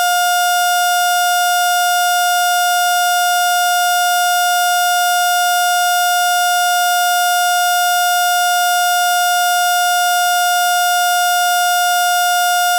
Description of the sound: Steady Heart Monitor To Flatline.